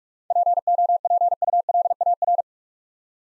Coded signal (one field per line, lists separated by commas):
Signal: Morse code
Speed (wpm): 46 wpm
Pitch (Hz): 700 Hz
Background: none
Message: POPULAR